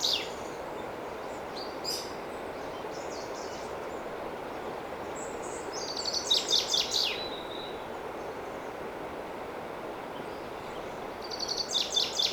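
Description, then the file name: Common chaffinch singing, with faint scattered high notes early, then a clear phrase of quick high notes sliding downward around six seconds and another near the end, with constant background hiss. "Fringilla coelebs"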